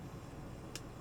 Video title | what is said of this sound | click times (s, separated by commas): HOW TO REPLACE JOYCON JOYSTICKS. | till it snaps in place. | 0.8 s